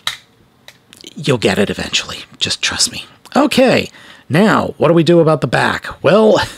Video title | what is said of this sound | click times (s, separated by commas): Why are you missing so much paint?! - Transformers Studio Series 103 RHINOX #transformers | those will snap into place and don't worry if you don't get it the first time it just | 0.1 s